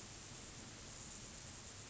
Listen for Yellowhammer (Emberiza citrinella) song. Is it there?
no